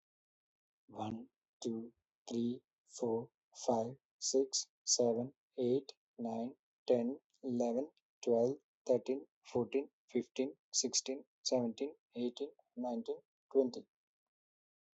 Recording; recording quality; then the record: counting at a normal pace; excellent, no background noise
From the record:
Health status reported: healthy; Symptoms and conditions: none ticked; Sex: male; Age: 37 years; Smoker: not ticked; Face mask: not worn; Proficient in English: yes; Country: India